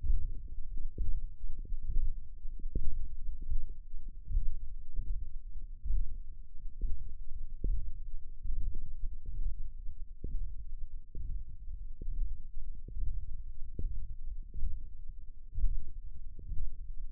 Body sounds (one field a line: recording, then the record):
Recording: forearm muscle sounds (acoustic myography)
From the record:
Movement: radial deviation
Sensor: system 1, eight BSWA MPA416 microphones around the upper forearm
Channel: 6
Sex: male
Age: 23 years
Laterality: right